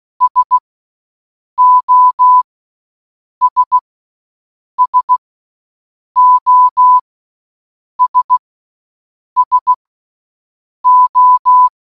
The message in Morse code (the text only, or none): SOS SOS SO